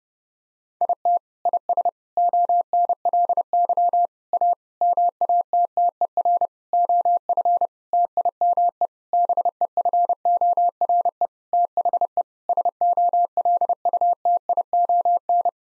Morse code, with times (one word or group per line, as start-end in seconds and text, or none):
0.8-1.2 IT
1.5-1.9 IS
2.2-4.1 ONLY
4.3-4.5 A
4.8-6.5 MATTER
6.7-7.7 OF
7.9-8.9 TIME
9.1-11.3 BEFORE
11.5-12.2 THE
12.5-15.5 SOLUTION